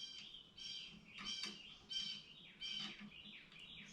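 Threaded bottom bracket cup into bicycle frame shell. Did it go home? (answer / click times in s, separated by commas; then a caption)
no / none. A threaded bottom bracket cup is being turned backwards into the frame shell of a possibly 1930s Agees Wolf vintage bicycle to find the thread start. Repeated bird chirps and tweets dominate the clip over quiet background noise. Nothing has clicked or seated yet; the cup is still being handled and is not yet home.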